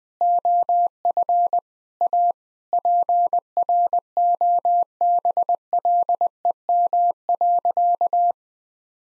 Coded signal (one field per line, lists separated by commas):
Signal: Morse code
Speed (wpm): 21 wpm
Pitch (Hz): 700 Hz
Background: none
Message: OF A PROBLEM.